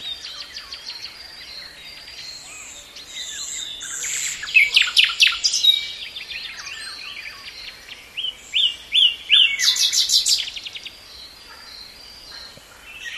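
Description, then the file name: Common nightingale song with scratchy opening notes, then two loud phrases of fast repeated notes separated by a brief pause, ending in quiet twitters. "Luscinia megarhynchos"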